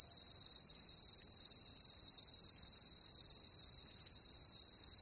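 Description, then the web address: Continuous high-pitched cricket trilling, a uniform buzzy shimmer from many insects. "WLL Grade 1-12 Pre-Uni Library Natures Songs Sleep Sounds of Nature CRICKETS Crickets"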